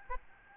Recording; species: mosquito wingbeat signal from an infrared sensor; Aedes albopictus